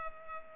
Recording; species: mosquito wingbeat signal from an infrared sensor; Culex pipiens